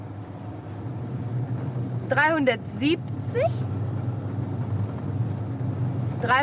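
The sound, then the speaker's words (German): A car drives steadily along a street with a continuous low engine and road rumble, while a person briefly speaks over the droning noise. “Wir können den Wagen hier stehen lassen und das letzte Stück zu Fuß gehen.”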